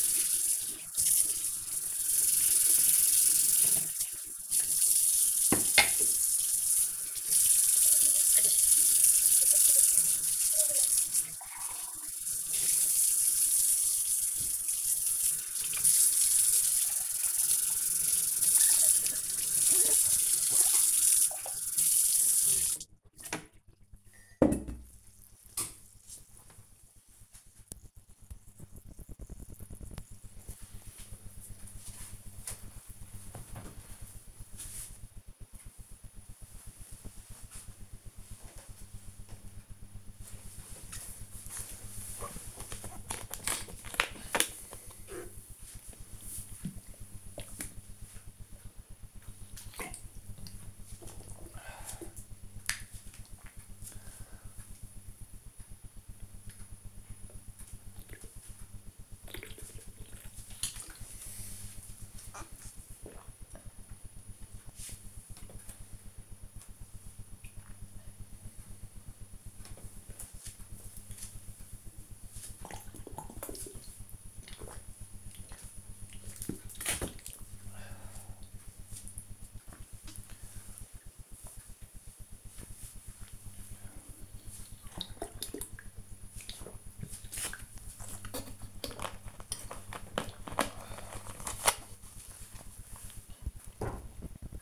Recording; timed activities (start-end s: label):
household activities, microphone on the right wrist
0.00-22.24 s: washing dishes
40.37-64.49 s: drinking
69.54-89.68 s: drinking